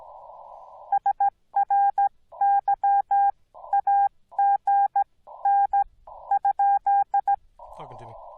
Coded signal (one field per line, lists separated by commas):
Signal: Morse code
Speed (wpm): 16 wpm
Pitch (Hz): 810 Hz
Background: speech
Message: SRY AGN ?